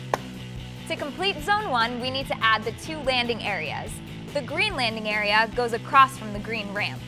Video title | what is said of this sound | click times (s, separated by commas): HOW TO BUILD THE COLOSSAL CRASH - Hot Wheels | the lever slide the pin through and click into place to | 0.1 s